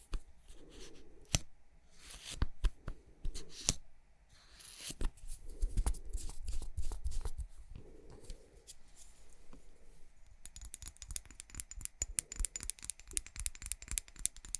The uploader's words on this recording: ASMR Makeup Triggers For Sleep Tapping, Scratching, etc (No Talking).